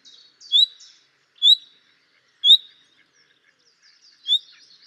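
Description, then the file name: Common nightingale calls: short, clear whistled notes sweeping upward, given about once a second with brief silences between them. "Luscinia megarhynchos"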